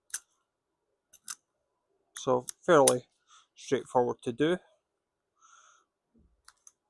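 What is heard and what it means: Someone presses the release button on a plastic quick-connect adapter on the end of a flexible dust collection hose, and it unlocks with a sharp click at 0.2 s. Fainter clicks follow at about 1.1 and 1.3 s, someone talks briefly in the middle, and two small ticks come near 6.5 and 6.7 s. The adapter is released from the hose end.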